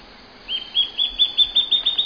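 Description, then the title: Band-tailed antbird song: a fast series of short, high whistled notes, evenly spaced and rising slightly in pitch. "LuckyPassaro Completos2Sama. Band-tailed Antbird (Hypocnemoides maculicauda)"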